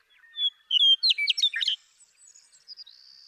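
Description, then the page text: Western meadowlark song phrase of flute-like whistles followed by a fast, warbled flourish, with faint thin notes trailing off afterward. One male, nicknamed Bird 1, singing in Sierra Valley, eastern California, during 2018. "Birdsong for the Curious Naturalist. The joy of western meadowlark songs. Sierra Valley in eastern California"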